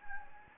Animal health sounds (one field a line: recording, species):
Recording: mosquito wingbeat signal from an infrared sensor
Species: Anopheles gambiae